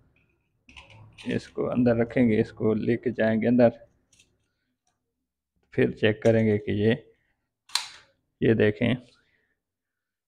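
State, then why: Seated. Someone talks while reinserting an empty 10-shot magazine, its follower reworked, into a 30 bore pistol and working the slide. A single sharp click at 7.8 s marks the slide catching on the slide stop and locking back on the empty magazine, and the talking resumes after.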